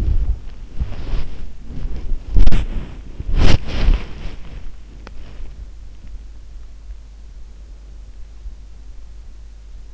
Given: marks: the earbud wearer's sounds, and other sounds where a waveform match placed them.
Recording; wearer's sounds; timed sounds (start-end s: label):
sounds in sleep by an in-ear microphone; body movement
0.00-5.55 s: body movement